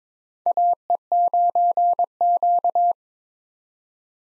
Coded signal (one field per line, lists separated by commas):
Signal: Morse code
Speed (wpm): 22 wpm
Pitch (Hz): 700 Hz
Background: none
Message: AE9Q